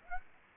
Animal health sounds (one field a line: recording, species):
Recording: mosquito wingbeat signal from an infrared sensor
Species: Aedes aegypti